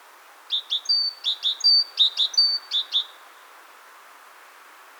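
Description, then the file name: Great tit giving one bout of a few quick phrases, two sharp high notes then a longer whistled note, followed by quiet. "Parus major"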